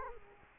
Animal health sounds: mosquito wingbeat signal from an infrared sensor; Culex quinquefasciatus

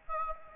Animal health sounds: mosquito wingbeat signal from an infrared sensor; Aedes albopictus

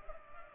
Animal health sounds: mosquito wingbeat signal from an infrared sensor; Culex pipiens

